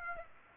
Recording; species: mosquito wingbeat signal from an infrared sensor; Aedes aegypti